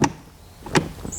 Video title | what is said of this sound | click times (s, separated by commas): 2018 and newer Jeep Wrangler (JL) and Gladiator (JT) Park Override | click lets you know that it's latched and now the cable is released so | 0.8 s